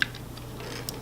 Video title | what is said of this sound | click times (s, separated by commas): Megatron Mp36 Plus | clicks right in | 0.0 s